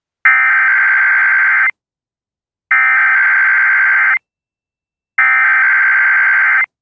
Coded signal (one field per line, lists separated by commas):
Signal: Emergency Alert System (SAME) tones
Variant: header bursts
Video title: East Coast Chaos Episode 23: A Chaotic Marginal - 4/20/2024